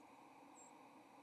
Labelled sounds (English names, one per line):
White-throated Sparrow flight call